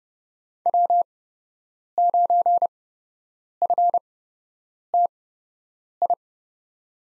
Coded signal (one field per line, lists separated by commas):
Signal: Morse code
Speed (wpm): 31 wpm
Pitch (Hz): 700 Hz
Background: none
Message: W9FTI